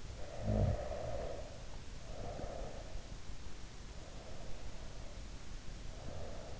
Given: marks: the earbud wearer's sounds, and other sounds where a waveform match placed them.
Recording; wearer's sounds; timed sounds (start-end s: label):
sounds in sleep by an in-ear microphone; snoring breath, breath
0.18-3.05 s: snoring breath
3.88-6.59 s: breath